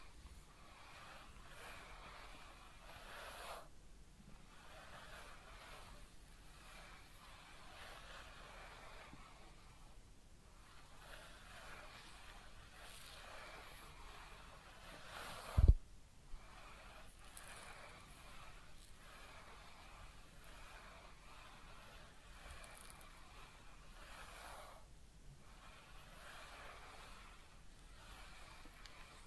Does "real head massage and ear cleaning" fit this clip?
yes